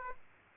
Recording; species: mosquito wingbeat signal from an infrared sensor; Aedes aegypti